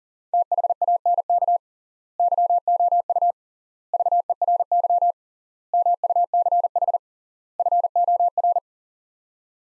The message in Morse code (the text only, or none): THANK YOU VERY MUCH FOR